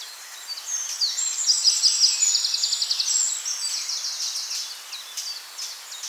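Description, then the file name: Birdsong: rapid high trills and chattering phrases that fade toward the end, leaving scattered thin notes. Bourne Woods, morning of 2 May 2020 at 08:04. "Bourne woods Birdsong 2020-05-02 0804"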